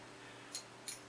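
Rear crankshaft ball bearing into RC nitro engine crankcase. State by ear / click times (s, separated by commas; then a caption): seated / 0.6 s. A rear crankshaft ball bearing is inserted into the back of a heated RC nitro engine crankcase and pulled down until it seats. Over a steady low hum, a short bright metallic click is heard at 0.6 s, followed by a similar tick near 0.9 s. The bearing is seated firmly in the case.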